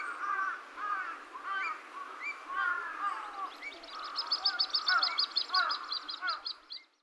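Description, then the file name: Little grebe juvenile calls: a constant stream of short squeaky peeps, joined midway by a fast, high, pulsing trill that lasts about three seconds. Juvenile, recorded at Shakujii in Nerima ward, Tokyo, Japan, on 28 May 2021. "カイツブリ 210528 練馬区石神井 幼鳥"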